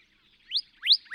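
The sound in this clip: Northern cardinal song fragment: three short upward-sweeping whistled notes, getting louder toward the end.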